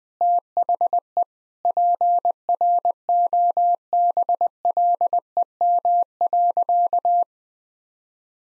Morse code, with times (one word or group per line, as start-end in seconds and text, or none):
0.2-1.2 THE
1.6-7.2 PROBLEM.